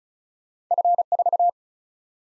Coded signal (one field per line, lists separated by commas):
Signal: Morse code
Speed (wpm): 47 wpm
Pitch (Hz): 700 Hz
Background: none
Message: F 4